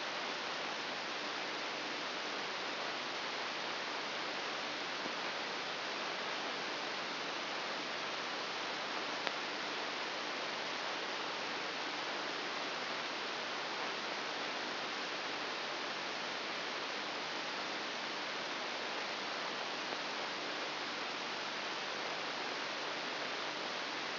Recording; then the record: brain microelectrode recording played as sound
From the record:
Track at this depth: inside the subthalamic nucleus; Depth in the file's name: 1.407 mm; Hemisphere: right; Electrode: 3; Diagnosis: Parkinson's disease